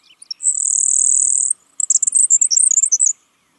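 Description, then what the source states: Grasshopper sparrow singing a very high, thin insect-like buzz held for about a second, followed by a sputtering run of high ticking notes. Song so buzzy it is easily mistaken for an insect.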